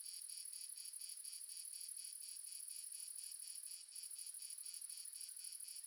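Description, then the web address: Cricket chorus of shrill pulsing chirps, steady and rhythmic, with a brief dip in the sound near the four-second mark before resuming. Ambience of multiple crickets, recorded in the south of France. "Sonniss com - GDC 2017-Game Audio Bundle Red Sonic - Crickets and Frogs amb crickets multiple south france"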